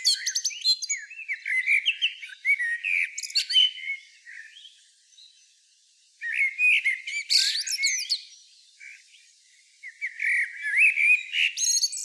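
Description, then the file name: Common blackbird giving three bursts of fluted warbling topped with high twittering squeals, separated by quiet pauses. "Turdus merula"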